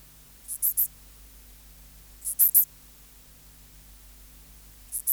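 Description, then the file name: Pholidoptera fallax song: triplets of short, shrill chirps recurring every two to three seconds over a faint low drone. "Pholiodoptera fallax"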